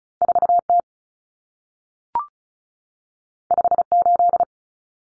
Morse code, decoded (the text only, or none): 4T 58